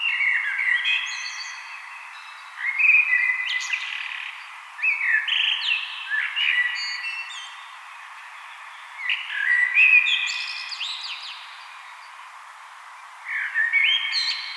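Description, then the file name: Common blackbird song: several mellow, fluted warbling phrases, some ending in a squeaky high twitter, separated by short pauses. "Turdus merula"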